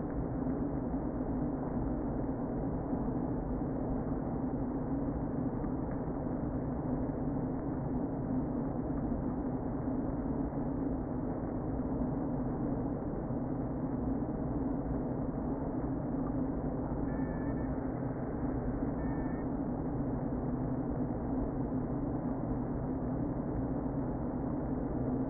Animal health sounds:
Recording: honeybee colony, microphone inside the hive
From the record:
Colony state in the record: queen present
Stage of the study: before two queens were removed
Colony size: about 60,000 bees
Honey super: yes

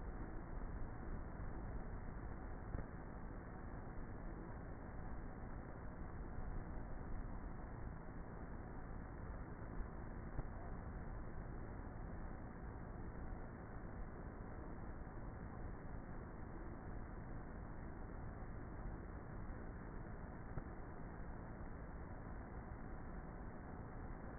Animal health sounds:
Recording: honeybee colony, microphone inside the hive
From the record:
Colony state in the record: queenless with a low population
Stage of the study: before two queens were removed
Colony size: about 30,000 bees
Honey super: no

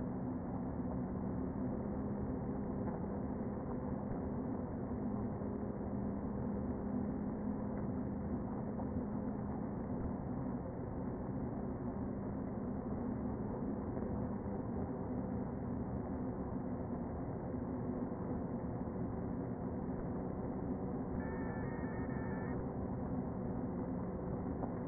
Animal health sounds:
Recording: honeybee colony, microphone inside the hive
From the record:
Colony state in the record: queen present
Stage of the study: before two queens were removed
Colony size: about 60,000 bees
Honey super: yes

